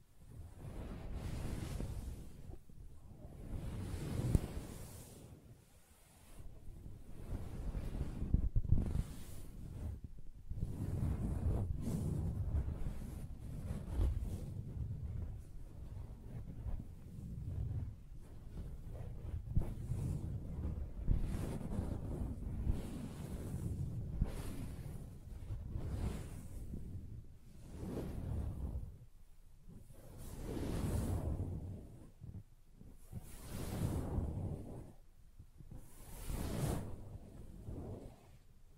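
Fingers tap and scratch across a soft fabric surface in a steady, dense stream of rustling, brushing strokes. Low muffled thumps run underneath, with brighter scratchy swishes recurring every few seconds, notably around 5, 9, 31 and 37 seconds.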